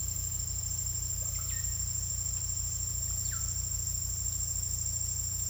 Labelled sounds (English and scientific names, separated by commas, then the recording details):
none
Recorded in secondary vegetation near Puerto Asís, Putumayo, Colombia, on 18 December 2024 at 08:30
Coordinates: 0.484, -76.319
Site GP06